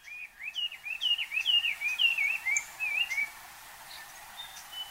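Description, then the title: Japanese paradise flycatcher song: a rapid series of zigzagging whistled notes, each quickly rising and falling, over steady background hiss. Mount Takao, Tokyo, Japan. "高尾山（東京）のサンコウチョウ"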